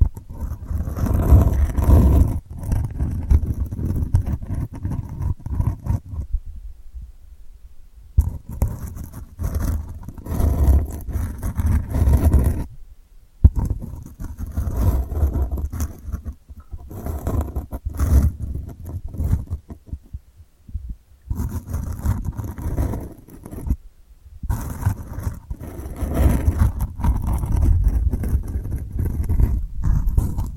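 Delicate scratching goes on in dense, grainy bursts, heavy in the low end with fine rasping texture above. Clear pauses break it up, near 7, 13, 20 and 24 seconds, before the rough scraping resumes at a similar, uneven pace.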